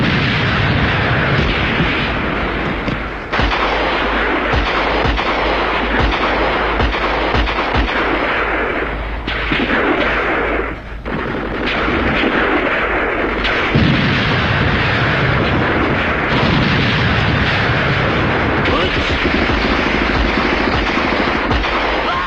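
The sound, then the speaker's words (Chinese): A sustained barrage of artillery fire and explosions in battle during China's War of Resistance against Japan, loud and continuous, with deep rumbling booms layered under crackling bursts of gunfire throughout, briefly dipping before the roar resumes. “炮声震地，杀声冲天，八年抗战，谁知道进行了多少次战斗”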